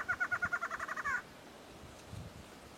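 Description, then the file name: Barred antshrike song ending: fast nasal notes run together and finish on a stressed note, followed by quiet background. "Canto do choca barrada"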